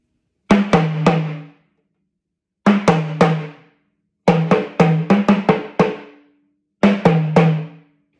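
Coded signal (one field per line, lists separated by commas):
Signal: talking drum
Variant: Yoruba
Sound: four phrases of resonant low drum strokes at two pitches, separated by pauses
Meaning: The produce on the head of the plantain tree is edible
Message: Jijẹ ni, ẹrù orí ọ̀gẹ̀dẹ̀, jijẹ ni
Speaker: The produce on the head of the plantain tree is edible.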